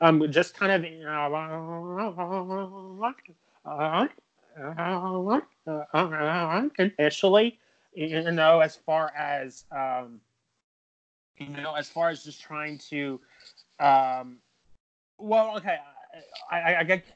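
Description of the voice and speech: Adult male speaker who stutters, with audible disfluencies in his speech: a rapid repeated "I-I-I", drawn-out filler sounds, and long silent blocks breaking up otherwise voiced speech.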